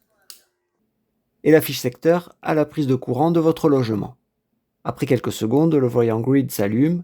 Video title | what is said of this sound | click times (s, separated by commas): La Marstek Venus E Gen 3 dépasse-t-elle vraiment ses rivales ? Batterie bidirectionnelle AC 5 kWh | On branche simplement ce premier connecteur jusqu'au clic | 0.3 s